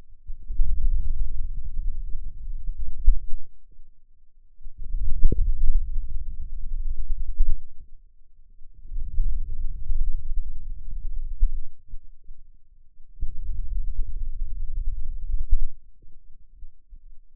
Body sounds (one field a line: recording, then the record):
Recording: forearm muscle sounds (acoustic myography)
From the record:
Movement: wrist extension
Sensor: system 2, bracelet of six BSWA MPA416 microphones around the upper forearm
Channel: 1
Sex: male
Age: 22 years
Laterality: right